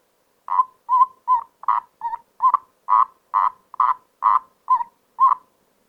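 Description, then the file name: Common toad giving a steady run of short, grating croaks, roughly two each second, some notes slightly wavering in pitch, against near silence. "Erdkröte"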